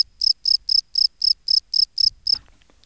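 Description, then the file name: Field cricket chirping, a run of evenly spaced shrill pulses that stops abruptly, followed by faint noise. "Gryllus campestris"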